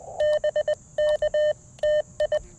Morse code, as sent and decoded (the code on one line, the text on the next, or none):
-... -.- / - ..
BK TI